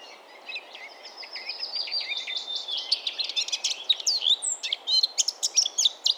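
Eurasian blackcap song, a fast, scratchy chattering warble that builds in loudness toward the end, with sharp high notes over a constant low hiss.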